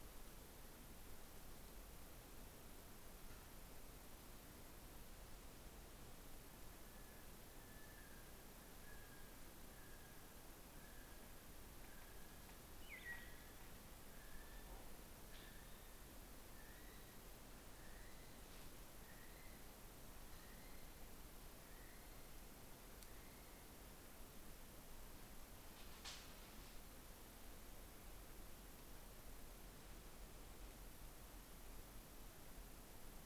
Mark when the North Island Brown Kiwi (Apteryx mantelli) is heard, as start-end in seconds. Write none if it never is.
6.18-23.86